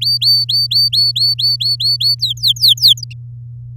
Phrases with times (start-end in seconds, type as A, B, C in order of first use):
0.01-2.15 A, 2.19-3.04 B